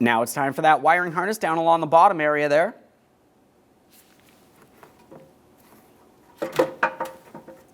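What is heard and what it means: Someone talks, then reaches for the plastic wiring harness connector along the bottom of the condenser and radiator support area at the front end of a 2011–2020 Toyota Sienna, during replacement of the AC condenser and receiver drier assembly. After a quiet stretch with faint ticks near 4.6 and 4.8 seconds, sharper handling knocks come at about 6.4, 6.8 and 7.0 seconds as the connector is worked toward its mating socket. Nothing has seated or clicked yet.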